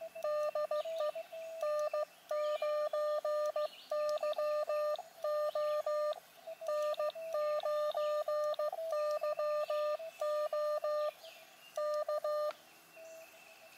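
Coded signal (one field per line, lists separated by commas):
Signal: Morse code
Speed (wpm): 15 wpm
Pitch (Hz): 1200 Hz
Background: none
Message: DE N9YO N9YO K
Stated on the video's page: QRP portable hiking operation using an Elecraft KX2 with ATU and an AX1 small antenna.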